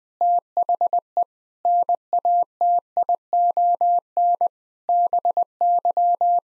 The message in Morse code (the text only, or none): THE NATION BY